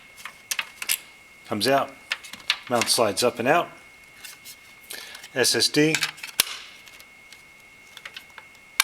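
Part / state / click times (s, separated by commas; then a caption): 2.5-inch SSD into SSD mounting bracket / seated / 8.8 s. A 2.5-inch SSD is lined up on the plastic/metal SSD mount behind the motherboard tray of an NZXT Phantom 630 case, with scattered handling clicks while someone talks. The SSD snaps into the mounting bracket with a sharp click at 8.8 s and is seated.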